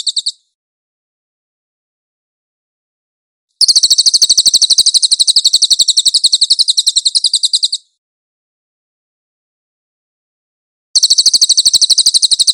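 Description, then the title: Cililin song in bursts: a brief trill tail, a four-second run of fast high chattering notes, then a fresh trill after a long silent gap. Master (tutor) song of the cililin, clear audio. "MASTER SANGAT BAGUS SUARA BURUNG CILILIN, AUDIO JERNIH"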